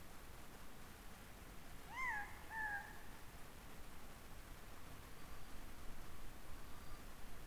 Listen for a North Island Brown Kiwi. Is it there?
no